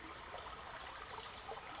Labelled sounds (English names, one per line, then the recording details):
Wilson's Warbler
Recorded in Sonoma County, California